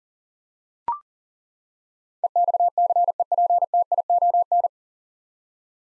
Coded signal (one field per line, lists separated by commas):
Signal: Morse code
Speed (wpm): 40 wpm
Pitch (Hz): 700 Hz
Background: none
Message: EXCEPTION